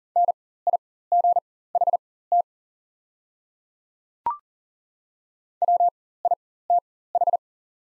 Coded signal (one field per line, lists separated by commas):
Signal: Morse code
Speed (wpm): 40 wpm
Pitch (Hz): 700 Hz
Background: none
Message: NIGHT WITH